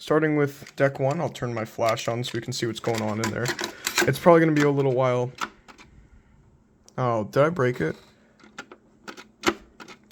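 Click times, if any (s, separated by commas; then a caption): none. Someone talks, then presses the plastic play/transport key on deck 1 of a 1980s Panasonic cassette tape deck that was repaired with new belts. Short, sharp plastic clacks follow from about 8.4 s to 10.1 s, but the key does not stay locked down. Nothing has latched into the transport mechanism yet.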